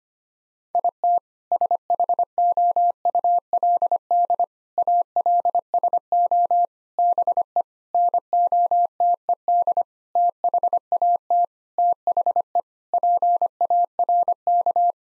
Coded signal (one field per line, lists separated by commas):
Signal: Morse code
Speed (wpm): 25 wpm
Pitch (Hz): 700 Hz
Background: none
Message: IT SHOULD ALSO BE NOTED THAT THE PARK